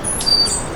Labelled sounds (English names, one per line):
Stitchbird song